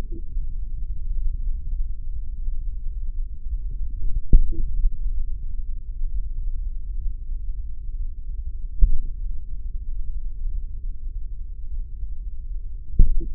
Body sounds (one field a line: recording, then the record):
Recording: forearm muscle sounds (acoustic myography)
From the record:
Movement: tripod grip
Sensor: system 3, bracelet of six PUI Audio POM-2738L microphones around the upper forearm, with dedicated amplification and filtering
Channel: 4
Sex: male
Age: 55 years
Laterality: right